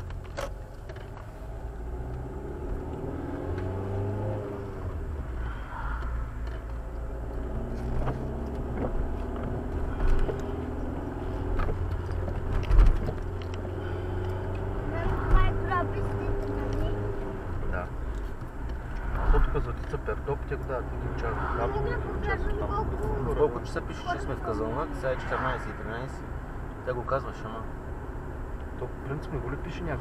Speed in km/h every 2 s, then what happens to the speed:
14, 23, 23, 25, 31, 36, 37, 40, 41, 38, 39, 41, 42, 41, 42.
0-2 speeds up to 23. 5-15 speeds up to 41. 15-30 steady at about 41.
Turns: none.